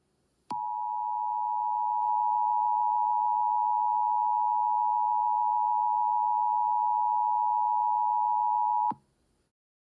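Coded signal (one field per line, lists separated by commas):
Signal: Emergency Alert System (SAME) tones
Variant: 853 and 960 Hz attention tone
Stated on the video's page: Fictional EAS horror scenario, a simulated alert.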